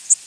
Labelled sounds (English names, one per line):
Worm-eating Warbler flight call